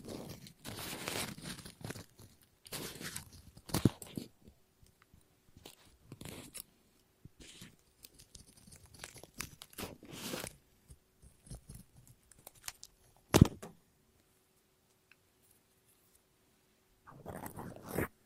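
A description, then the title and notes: Scissors snip and cut through paper in irregular bursts of crisp, crunchy rustling, separated by quiet pauses. A couple of sharp snaps stand out, near four seconds and again around thirteen. A faint steady low hum sits underneath in the quieter middle stretch. ASMR Scissors No Talking Snips and Cutting Paper.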